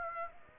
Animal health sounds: mosquito wingbeat signal from an infrared sensor; Aedes aegypti

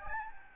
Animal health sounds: mosquito wingbeat signal from an infrared sensor; Aedes albopictus

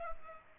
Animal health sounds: mosquito wingbeat signal from an infrared sensor; Culex pipiens

